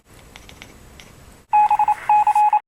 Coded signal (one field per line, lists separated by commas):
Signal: Morse code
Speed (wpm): 27 wpm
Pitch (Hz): 840 Hz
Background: none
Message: BC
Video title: Morse code cat